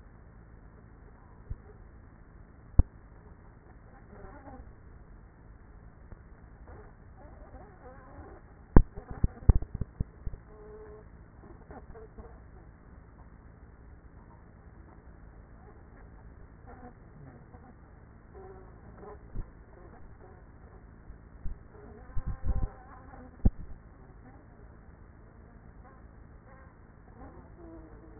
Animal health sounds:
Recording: honeybee colony, microphone inside the hive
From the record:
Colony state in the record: queenless with a low population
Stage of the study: after two queens were removed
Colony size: about 30,000 bees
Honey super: no

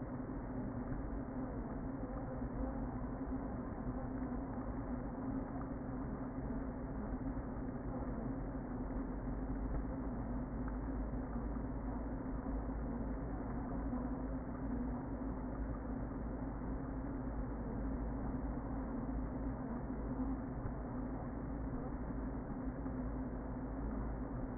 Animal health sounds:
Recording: honeybee colony, microphone inside the hive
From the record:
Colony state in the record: queen present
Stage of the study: before two queens were removed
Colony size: about 60,000 bees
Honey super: yes

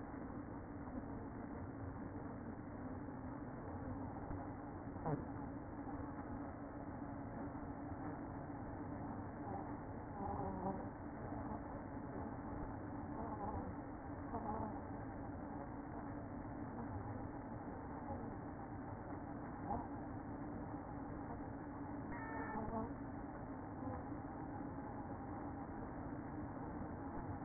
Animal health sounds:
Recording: honeybee colony, microphone inside the hive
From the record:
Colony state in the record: queen present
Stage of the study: after two queens were removed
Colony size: about 60,000 bees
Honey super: yes

